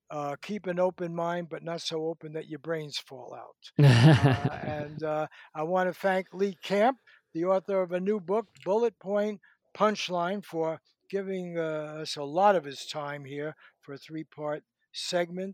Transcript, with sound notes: “Keep an open mind, but not so open that your brains fall out.” [Laughs] And I want to thank Lee Camp, the author of a new book, Bullet Points and Punch Lines, for giving us a lot of his time here for a three-part segment.